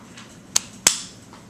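A used pediatric EpiPen Jr. epinephrine auto-injector, either a trainer or a real pen, is jabbed against a surface to show it firing. Two sharp clicks sound at 0.6 s and 0.9 s, the second ringing out slightly longer over a faint low background hum. The clicks mean the auto-injector has fired and its needle has been discharged.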